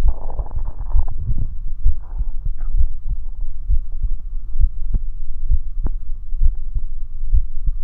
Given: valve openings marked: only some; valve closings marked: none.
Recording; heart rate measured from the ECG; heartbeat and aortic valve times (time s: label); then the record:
heart sounds by stethoscope; 66 bpm
0.07 s: heartbeat (ECG mark)
0.15 s: aortic valve opens (echo mark)
0.97 s: heartbeat (ECG mark)
1.06 s: aortic valve opens (echo mark)
1.88 s: heartbeat (ECG mark)
1.94 s: aortic valve opens (echo mark)
2.79 s: heartbeat (ECG mark)
2.87 s: aortic valve opens (echo mark)
3.72 s: heartbeat (ECG mark)
3.78 s: aortic valve opens (echo mark)
4.62 s: heartbeat (ECG mark)
4.68 s: aortic valve opens (echo mark)
5.53 s: heartbeat (ECG mark)
5.59 s: aortic valve opens (echo mark)
6.44 s: heartbeat (ECG mark)
6.52 s: aortic valve opens (echo mark)
7.36 s: heartbeat (ECG mark)
From the record:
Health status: healthy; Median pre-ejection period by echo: 56 ms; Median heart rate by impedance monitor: 66 bpm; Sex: male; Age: 40 years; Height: 179 cm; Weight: 76 kg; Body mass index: 23.72